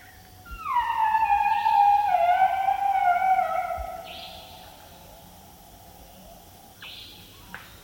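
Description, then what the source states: Asian elephant squeal: a loud harmonic wail that slides downward over roughly three seconds, followed by quieter sound and a few faint scrapes. Recorded in March 1999 in Nepal.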